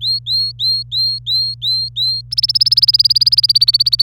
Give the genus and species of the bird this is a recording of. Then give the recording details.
Serinus canaria. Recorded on 26 April 2018 at 07:09. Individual llb3